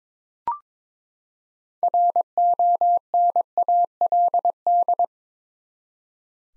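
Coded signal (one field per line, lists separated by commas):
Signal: Morse code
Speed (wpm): 22 wpm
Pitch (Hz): 700 Hz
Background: none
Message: RONALD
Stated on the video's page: Morse head-copy practice at 22 wpm of common USA names, each sent, spoken, then sent again.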